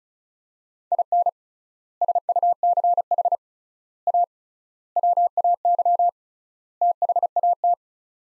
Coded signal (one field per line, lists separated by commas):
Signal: Morse code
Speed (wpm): 36 wpm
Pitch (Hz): 700 Hz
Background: none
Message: IN SUCH A WAY THAT